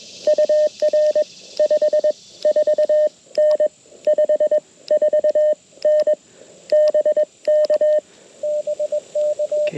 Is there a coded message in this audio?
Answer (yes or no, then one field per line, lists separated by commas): yes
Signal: Morse code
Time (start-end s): 0.3-9.7 s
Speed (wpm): 22 wpm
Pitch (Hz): 600 Hz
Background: radio noise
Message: UR 54N 54N BK BK